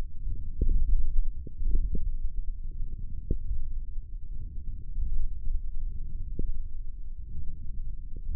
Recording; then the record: forearm muscle sounds (acoustic myography)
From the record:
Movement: thumb flexion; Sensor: system 1, eight BSWA MPA416 microphones around the upper forearm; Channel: 6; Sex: male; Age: 20 years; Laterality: left